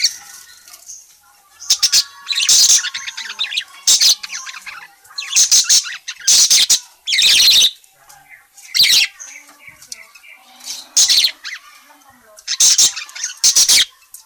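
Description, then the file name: Parakeet chatter, soft continuous warbling punctuated every second or two by loud, rasping chirp bursts. Parakeet described as gacor (very vocal, chatty), calling. "suara burung parkit gacor memanggil"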